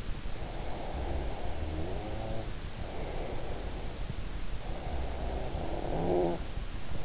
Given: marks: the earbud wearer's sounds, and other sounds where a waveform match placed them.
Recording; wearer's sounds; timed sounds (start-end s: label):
sounds in sleep by an in-ear microphone; snoring breath
0.54-3.86 s: snoring breath
4.60-7.05 s: snoring breath